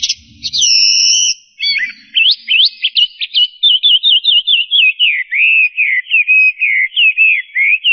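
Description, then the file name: Chinese hwamei song: a long sustained double whistle, then a rapid run of varied slurred whistled phrases, many notes repeated in quick series. "audio-kicauan-burung-hwamei -omkicau"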